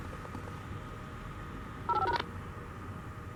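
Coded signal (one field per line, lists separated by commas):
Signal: DTMF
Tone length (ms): 60 ms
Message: 085#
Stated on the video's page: Failed siren tone transmission during a Whelen OA4 siren test.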